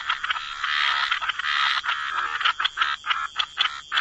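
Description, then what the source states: Frogs croaking in a loud continuous rasp that breaks into quick separate bursts in the last couple of seconds. Frog chorus.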